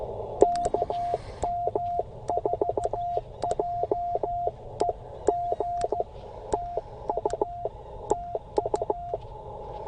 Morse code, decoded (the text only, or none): KM4JEG TU TU